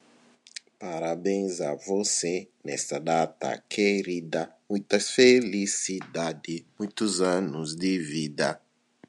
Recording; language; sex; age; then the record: short text; Brazilian Portuguese; male; 40 to 49 years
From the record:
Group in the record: control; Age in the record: 44 years